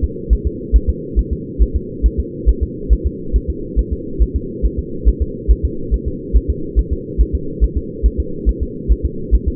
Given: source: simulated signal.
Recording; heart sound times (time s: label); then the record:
fetal heart sounds
0.04 s: S2
0.33 s: S1
0.47 s: S2
0.76 s: S1
0.90 s: S2
1.19 s: S1
1.33 s: S2
1.62 s: S1
1.76 s: S2
2.06 s: S1
2.20 s: S2
2.49 s: S1
2.63 s: S2
2.93 s: S1
3.06 s: S2
3.36 s: S1
3.50 s: S2
3.79 s: S1
3.93 s: S2
4.22 s: S1
4.36 s: S2
4.65 s: S1
4.79 s: S2
5.08 s: S1
5.22 s: S2
5.51 s: S1
5.65 s: S2
5.94 s: S1
6.08 s: S2
6.36 s: S1
6.50 s: S2
6.79 s: S1
6.93 s: S2
7.21 s: S1
7.35 s: S2
7.64 s: S1
7.77 s: S2
8.06 s: S1
8.20 s: S2
8.49 s: S1
8.63 s: S2
8.92 s: S1
9.05 s: S2
9.34 s: S1
9.48 s: S2
From the record:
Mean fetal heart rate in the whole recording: 140 bpm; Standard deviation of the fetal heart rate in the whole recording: 2 bpm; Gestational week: 34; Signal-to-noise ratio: -4.3 dB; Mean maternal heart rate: 72 bpm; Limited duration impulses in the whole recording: present